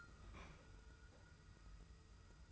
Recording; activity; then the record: daily activity, microphone in the room; open fridge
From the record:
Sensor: 2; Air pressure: 990.8 hPa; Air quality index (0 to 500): 128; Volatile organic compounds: 126 ppm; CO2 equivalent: 3908 ppm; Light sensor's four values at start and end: 20/48/19/19 and 20/48/19/19